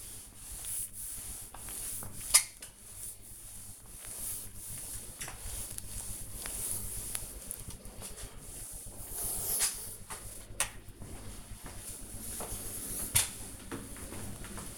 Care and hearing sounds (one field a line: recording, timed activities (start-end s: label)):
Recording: household activities, microphone on the right wrist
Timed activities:
0.00-9.81 s: floor cleaning